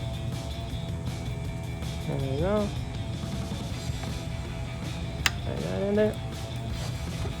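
A spark plug wire boot is being handled and pushed toward the spark plug on a 2010-2015 V8 Camaro, with a Dragon Fire Performance ignition tune-up kit, while someone talks over a low engine-bay rumble and rising tonal sweeps around 2.5 s and 6 s. A short sharp snap at 5.3 s stands out, but the boot has not yet seated or clicked onto the plug by the end.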